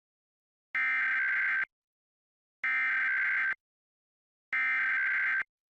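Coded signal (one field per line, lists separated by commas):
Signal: Emergency Alert System (SAME) tones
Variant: header bursts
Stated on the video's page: 2017 National Periodic Test from a Philadelphia PBS television station.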